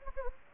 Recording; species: mosquito wingbeat signal from an infrared sensor; Anopheles gambiae